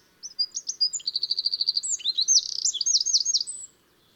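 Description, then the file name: Eurasian wren song, a breathless three-second burst of high notes, a steady rapid trill, then sharp rising and falling chips ending abruptly. "Troglodytes troglodytes"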